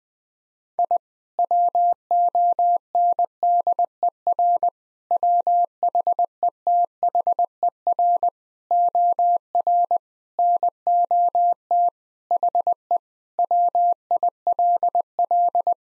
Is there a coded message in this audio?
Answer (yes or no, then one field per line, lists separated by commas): yes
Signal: Morse code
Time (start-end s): 0.8-15.7 s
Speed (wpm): 20 wpm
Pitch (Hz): 700 Hz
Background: none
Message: I WONDER WHETHER OR NOT HE WILL